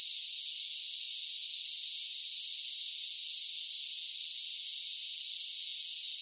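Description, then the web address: Many cicadas singing together, a continuous shrill hissing drone, level and unvarying from start to finish. Large group of cicadas singing in a steady drone. "Blast Wave SSFX Cicadas Sing. cicadas large group steady drone insects bugs"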